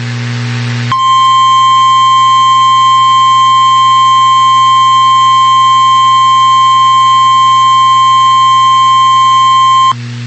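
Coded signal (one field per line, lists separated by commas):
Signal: Emergency Alert System (SAME) tones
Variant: 1050 Hz attention tone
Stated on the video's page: Real tornado watch update received from NOAA Weather Radio station WXK91, Topeka, Kansas.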